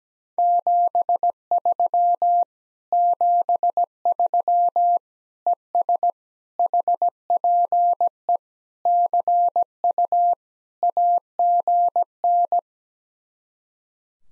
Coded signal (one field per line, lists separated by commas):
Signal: Morse code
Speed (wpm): 17 wpm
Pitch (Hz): 700 Hz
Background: none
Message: 73 73 ES HPE CU AGN